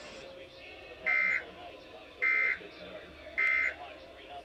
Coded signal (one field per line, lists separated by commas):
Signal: Emergency Alert System (SAME) tones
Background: speech